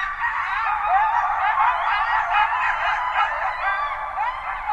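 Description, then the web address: Coyotes yipping and yelping together in a busy, chaotic chorus of short wavering cries with a few higher squeals. Several coyotes recorded on 20 January 2012. "sounds mammals Coyote 2012 01 20 Coyotes"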